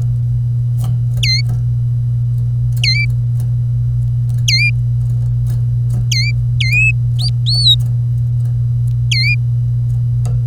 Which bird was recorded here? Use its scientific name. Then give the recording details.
Serinus canaria. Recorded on 25 April 2018 at 09:51. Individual llb3